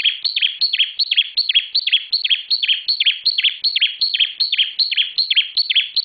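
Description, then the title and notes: Bar-winged prinia singing a steady, rapid series of sharp, slightly buzzy chirps, about two and a half per second, continuing without a break. Song for training cage birds, from a collection of various birds' songs; local name ciblek semi. "Suara Ciblek Semi. Kumpulan Kicauan Bermacam macam Burung Masteran"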